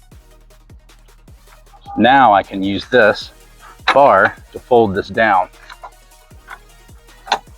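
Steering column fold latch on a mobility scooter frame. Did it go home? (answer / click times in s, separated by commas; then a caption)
yes / 7.3 s. After the rear wheels are separated from the front half of a 22 lb Passport Flex portable mobility scooter, a bar is used to fold the steering column down while someone talks. The column's metal fold latch clicks into place at 7.3 s with a sharp, bright snap. The column is locked so it will not flip forward.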